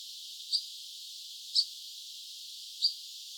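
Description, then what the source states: European pied flycatcher uttering three short, sharp, high-pitched call notes about a second apart over low hiss. Recorded 26 August 2013.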